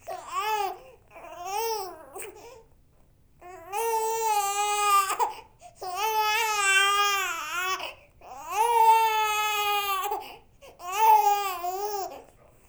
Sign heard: Baby Cry.